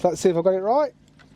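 Someone talks while reassembling a pond UV clarifier for a swimming pond, fitting the end cap onto its housing, which has button latches. The speech runs to about 0.9 s, then only a faint low background hum remains. Nothing has seated or clicked yet.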